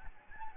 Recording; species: mosquito wingbeat signal from an infrared sensor; Aedes albopictus